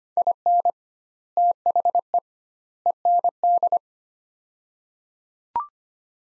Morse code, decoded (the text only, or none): IN THE END